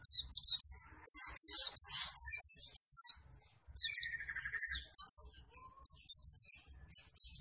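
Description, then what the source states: White-eye giving high chirping bursts with pauses between, plus a lower buzzy rattle and scattered single notes. Performing energetically after being given a vitamin C drink as a supplement.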